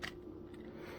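A metal extension tube is pushed one-handed onto the hose handle of a Hoover Commercial PortaPower lightweight canister vacuum cleaner. A brief scraping rasp at the start gives way to a steady low hum. The tube has not locked in and nothing has clicked yet.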